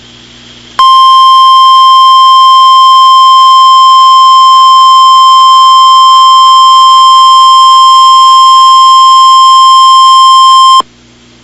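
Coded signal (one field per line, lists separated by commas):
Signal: Emergency Alert System (SAME) tones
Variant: 1050 Hz attention tone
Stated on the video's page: Mock blizzard EAS scenario based on a real event: blizzard watch, blizzard warning, civil emergency message and civil danger warning alerts.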